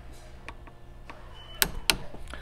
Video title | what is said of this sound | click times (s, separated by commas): Building A Canadian Non-Restricted Stag10 | you hear that click that's 235 pounds ok | 1.6 s, 1.9 s